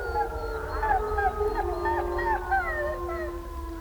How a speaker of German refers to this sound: Wölfe in der Nacht, meilenweit hörbar. Es gibt Leute, die betrachten das Heulen als regelrechte Sprache und vermuten hinter solchen Lauten ausgeklügelte Signale.